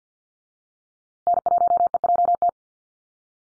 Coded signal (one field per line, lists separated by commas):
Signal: Morse code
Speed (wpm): 50 wpm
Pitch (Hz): 700 Hz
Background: none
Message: N1EJT